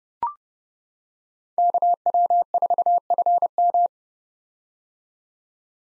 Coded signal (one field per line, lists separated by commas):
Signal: Morse code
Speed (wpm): 30 wpm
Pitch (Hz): 700 Hz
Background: none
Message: KW4FM